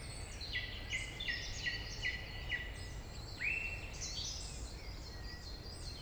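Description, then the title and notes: Song Thrush song: a short note repeated several times at a steady pace, then a rising phrase, over a low rumble. Singing in the Forêt domaniale du Montcel, a large state forest frequented by thrushes and many other birds, Route Forestière de la Meunaz, Montcel, Savoie, France. "Rte Forestière de la Meunaz, 73100 Montcel, France - Grive musicienne. Forêt domaniale du Montcel, vaste espace forestier , fréquenté par les grives et de nombreux oiseaux. La cloche du Montcel"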